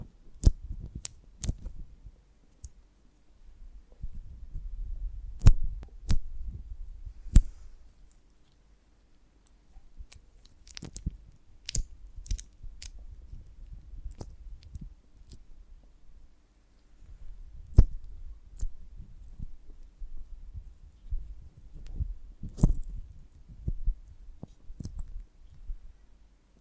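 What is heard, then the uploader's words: ASMR handling of a honeycomb on a branch: soft, low thumps and rubbing come in uneven bursts, with sharp crisp clicks and crackles scattered throughout, clustered around 5–7, 11–15 and 18–25 seconds. Between bursts there are brief near-silent pauses and a faint steady hum. ASMR of a Honeycomb on Branch (No Talking).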